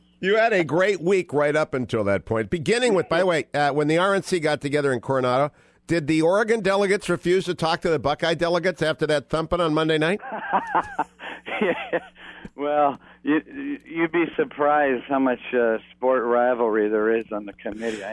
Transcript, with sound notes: Well, you had a great week right up until that point, beginning with, by the way, when the RNC got together in Coronado, did the Oregon delegates refuse to talk to the Buckeye delegates after that thumping on Monday night?
(laughing) Well, you’d be surprised how much sport rivalry there is on the committee.